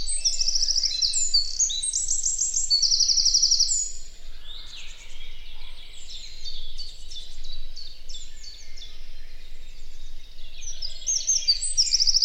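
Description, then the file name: Eurasian wren song: loud rapid ringing trills at the start, then chattering notes and a brief trill again near the end, over low background rumble. "Troglodytes troglodytes"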